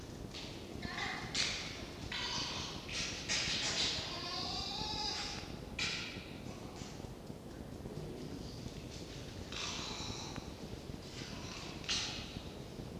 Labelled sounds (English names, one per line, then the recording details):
Red Fox
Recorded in captivity
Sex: male
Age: adult
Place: Zoologisches Institut der HUB, Berlin, DE
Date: 1952-11-07
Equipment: Elmetra
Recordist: Tembrock, Günter